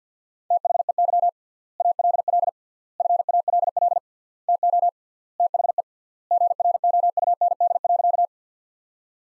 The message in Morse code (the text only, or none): THEY ALL FALL TO THE GROUND.